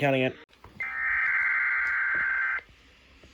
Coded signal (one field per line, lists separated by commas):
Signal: Emergency Alert System (SAME) tones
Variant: header bursts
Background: speech